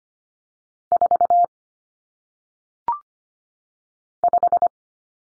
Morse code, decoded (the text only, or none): 4 5